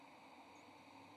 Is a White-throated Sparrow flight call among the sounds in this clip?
no